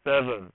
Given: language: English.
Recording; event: throat vibration sensor signal played as sound; speech